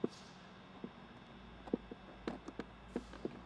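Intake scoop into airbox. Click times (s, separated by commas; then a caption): 2.3 s. An S&B High Flow Fender Inlet plastic intake scoop for a 2010-2014 Ford F150 or Raptor (3.5L, 5.0L, 6.2L) is pressed into the plastic factory airbox housing, with a series of short sharp taps and clicks over a low steady hum. Its locking bead snaps in with a click at 2.3 s, and the scoop is seated in the airbox.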